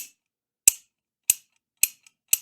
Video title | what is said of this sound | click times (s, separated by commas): Sako 75 Improving & Customizing Finland's Finest Rifle - Part 3 - Preparing for the Barrel Install | You can kind of hear it snap into place because we have such good contact now. | 0.7 s, 2.3 s